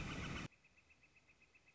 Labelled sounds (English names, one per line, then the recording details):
Northern Flicker
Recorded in Sonoma County, California